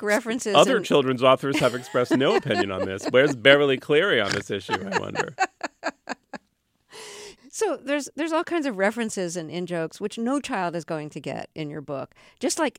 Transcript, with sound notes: Other children's authors have expressed no opinion on this. Where's Beverly Cleary on this issue, I wonder?
(LAUGHTER)
So there's all kinds of references in jokes which no child is going to get in your book,